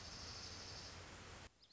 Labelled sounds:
Dark-eyed Junco (Junco hyemalis)
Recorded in Sonoma County, California

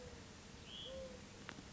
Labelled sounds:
Hutton's Vireo (Vireo huttoni)
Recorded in Sonoma County, California

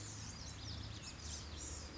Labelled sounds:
Blue-gray Gnatcatcher (Polioptila caerulea)
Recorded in Sonoma County, California

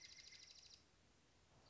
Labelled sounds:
Dark-eyed Junco (Junco hyemalis)
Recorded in Sonoma County, California

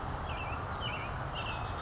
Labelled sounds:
Western Tanager (Piranga ludoviciana)
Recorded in Sonoma County, California

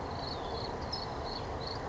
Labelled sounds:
California Towhee (Melozone crissalis)
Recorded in Sonoma County, California

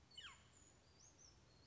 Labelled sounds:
Western Flycatcher (Empidonax difficilis)
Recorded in Sonoma County, California

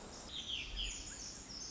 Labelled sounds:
Pacific Wren (Troglodytes pacificus)
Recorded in Sonoma County, California

